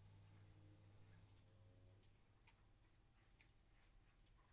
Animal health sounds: poultry house recording; sick chickens (respiratory disease)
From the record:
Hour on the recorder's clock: 10

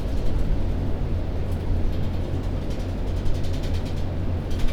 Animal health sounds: poultry house recording; no chicken sound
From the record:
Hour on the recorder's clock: 21

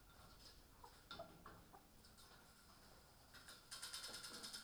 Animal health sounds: poultry house recording; healthy chickens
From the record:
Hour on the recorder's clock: 18

